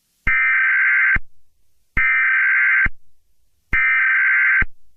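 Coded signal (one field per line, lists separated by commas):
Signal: Emergency Alert System (SAME) tones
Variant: header bursts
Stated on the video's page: Fictional EAS scenario, simulated alert.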